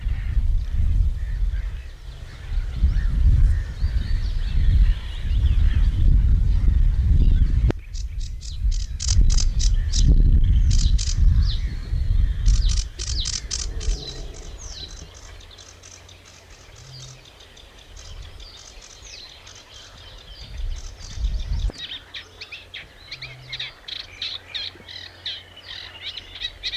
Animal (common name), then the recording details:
Sedge Warbler. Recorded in the wild. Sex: male. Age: adult. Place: Hüde, Niedersachsen, DE. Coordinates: 52.4833, 8.35. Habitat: lake. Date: 1969-05-15. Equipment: Uher 4000 Report-S, Bändchenmikro Beyer M 260, Parabolspiegel Polyester (470 mm). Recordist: Conrads, Klaus. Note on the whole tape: Naturpark Dümmer, am Dümmersee. Männchen: Gesang mit Triller. Teilweise starke Windgeräusche